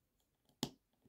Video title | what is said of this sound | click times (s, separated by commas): CT Toys brown costume Wolverine figure review | it's really you can't even hear a snap barely | 0.6 s